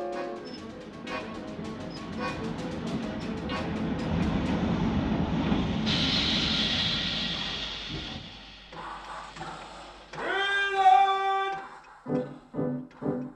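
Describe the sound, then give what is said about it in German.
A train rolls in with a steady, swelling rumble and a burst of hissing brakes, then sounds a high, piercing whistle followed by a few short toots. No one speaks. “Da ist Ihr Zug.”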